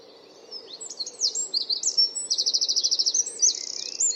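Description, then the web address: Bird calls: high chirps and short sliding notes, then fast buzzy trills, closing with a rapid ticking trill over a steady low background hum. "cianscape birddata Deverinetal 2025"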